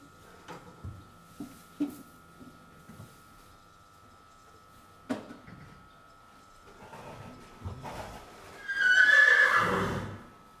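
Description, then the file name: Horse whinny: scattered knocks and soft thuds lead to a loud, shrill, quavering neigh near the end. "chevaux cadre noir"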